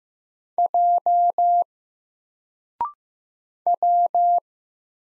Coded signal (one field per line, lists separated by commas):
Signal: Morse code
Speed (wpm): 15 wpm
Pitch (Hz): 700 Hz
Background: none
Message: J W